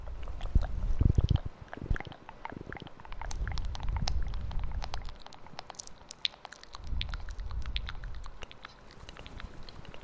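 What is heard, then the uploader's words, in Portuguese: Echoing mouth sounds: rapid wet clicks and smacks scattered throughout, over low rumbling swells near one, four and seven seconds. Uma hora de ASMR de sons de boca com eco no microfone 3DIO.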